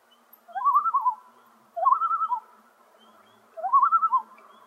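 Common loon giving three short tremolo phrases, each a rising, rapidly quavering laugh-like warble, separated by short pauses.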